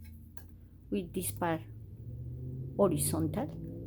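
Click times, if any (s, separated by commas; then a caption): none. A bobbin case, held horizontal, is being pushed into the shuttle of an Electra sewing machine while someone talks over a low steady hum. Nothing has seated or clicked yet.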